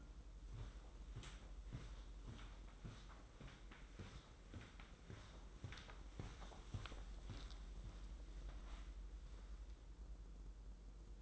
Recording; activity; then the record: daily activity, microphone in the room; walk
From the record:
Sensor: 3